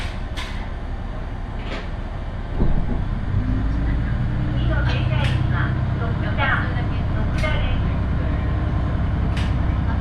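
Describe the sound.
Inside a one-car railbus on the Ise Railway, a low engine and running rumble fills the ride steadily, growing slightly louder after about two and a half seconds. Scattered passenger voices and brief sharp clicks or rattles come through over the drone.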